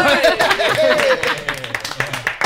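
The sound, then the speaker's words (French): A few hosts in a studio clap their hands in a quick, uneven burst of sharp claps lasting a couple of seconds, with voices talking and laughing over the clapping. “Mais oui, j'adore, on applaudit.”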